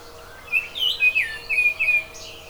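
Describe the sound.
Oriole singing one quick phrase of several clear whistled notes.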